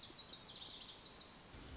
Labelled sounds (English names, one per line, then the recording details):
Lazuli Bunting
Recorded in Sonoma County, California